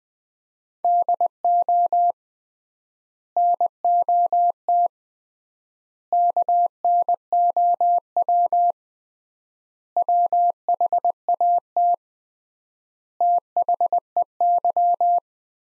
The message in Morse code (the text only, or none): DO NOT KNOW WHAT THEY